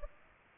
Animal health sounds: mosquito wingbeat signal from an infrared sensor; Aedes aegypti

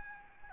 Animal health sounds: mosquito wingbeat signal from an infrared sensor; Aedes albopictus

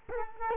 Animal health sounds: mosquito wingbeat signal from an infrared sensor; Culex quinquefasciatus

